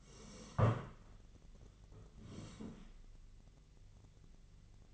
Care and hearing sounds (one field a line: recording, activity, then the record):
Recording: daily activity, microphone in the room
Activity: sit down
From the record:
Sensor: 4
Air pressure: 1013.1 hPa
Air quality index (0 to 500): 174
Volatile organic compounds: 2 ppm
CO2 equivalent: 1098 ppm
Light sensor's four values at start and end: 51/126/53/57 and 51/126/53/57